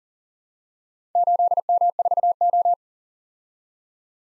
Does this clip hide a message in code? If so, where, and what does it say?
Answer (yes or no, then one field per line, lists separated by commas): yes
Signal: Morse code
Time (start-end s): 1.2-2.7 s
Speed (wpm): 40 wpm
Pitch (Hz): 700 Hz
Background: none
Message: 8M4O